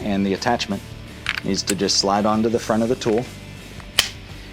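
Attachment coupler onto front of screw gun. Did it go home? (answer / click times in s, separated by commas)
yes / 4.0 s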